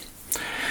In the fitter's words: and before we slide it back out then a nice click again and the watch is running.